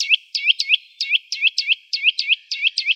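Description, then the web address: Eurasian nuthatch calling: a quick series of sharp whistled notes, about a dozen in three seconds, often in close pairs, with no other sounds. "Sitta europaea"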